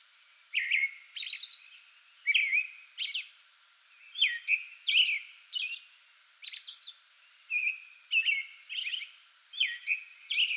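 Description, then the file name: American robin song: a steady series of clear, slurred whistled phrases alternating with higher squeaky notes, in short caroling bursts. Singing before dawn from a small tree in a front yard, 8 May 2022. "2022-05-08 American Robin pre-dawn singing from small tree in front yard"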